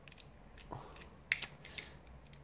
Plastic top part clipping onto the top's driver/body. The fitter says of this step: hop voilà on appuie dessus ça se clipse